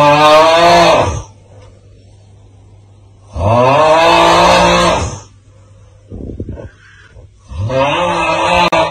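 Three loud, drawn-out, buzzing snores, each lasting one to two seconds, come roughly every three to four seconds, about 15 a minute, with quiet gaps between. This is loud, tonal snoring with a clear harmonic buzz from an adult sleeper.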